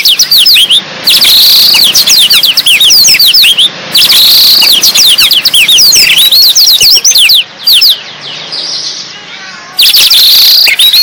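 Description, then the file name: Blackthroat song: loud, fast, continuous twittering trills of high sliding notes, with brief breaks in the stream. Described as gacor, an Indonesian term for a bird singing actively and continuously. "burung blackthroat gacor"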